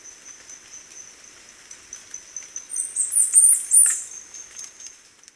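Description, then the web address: Chestnut-capped brush finch giving very high, thin, sibilant call notes in a short run near the middle, over a steady high insect-like whine and faint ticking. Recorded in Ecuador. "Birds of Ecuador. Chestnut-capped Brush-Finch"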